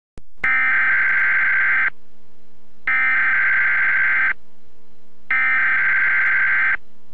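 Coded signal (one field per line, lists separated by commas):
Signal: Emergency Alert System (SAME) tones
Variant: header bursts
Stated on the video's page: Fictional zombie EAS alert.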